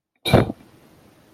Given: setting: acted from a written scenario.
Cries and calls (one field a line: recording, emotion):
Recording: vocal sound without words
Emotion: contempt